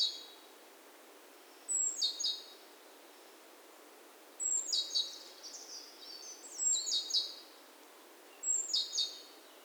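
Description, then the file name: Great tit calls: high whistled note then buzzy chattering notes, in several bursts with pauses between, light hiss behind. "Parus major"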